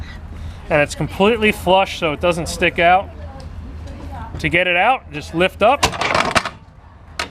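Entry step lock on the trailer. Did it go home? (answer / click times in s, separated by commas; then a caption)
yes / 7.2 s. Someone talks while the metal entry step on a 2017 Airstream Tommy Bahama 27FB Travel Trailer Relax Edition is lifted out to its deployed position, with brief clatters around 6.3 and 6.5 s. A sharp click at 7.2 s marks the step locking in place, so the step is seated.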